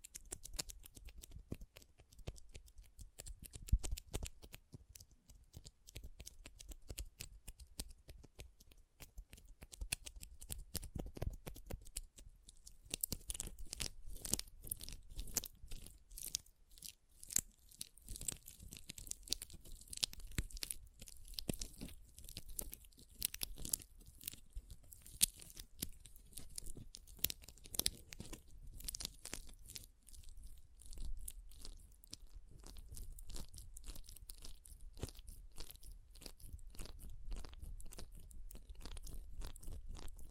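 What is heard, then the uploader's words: Pom pom tingles: dense, crackly rustling and crunching in fast irregular bursts, with brief quieter lulls around six, eighteen and thirty-one seconds. ASMR Ultimate Pom Pom Tingles (No Talking).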